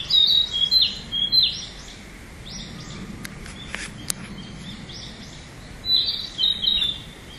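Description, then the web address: Narcissus flycatcher gives two bursts of sweet, high whistled phrases at the start and end, separated by a quiet pause with a few sharp clicks, over low background noise. "udragon kibitaki"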